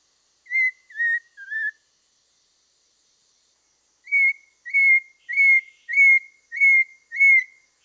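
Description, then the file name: Masked laughingthrush whistles three wavering notes, falls silent for two seconds, then repeats a clear, even whistle six times at steady intervals. Variation 4. "suara-poksay-mandarin-variasi-4"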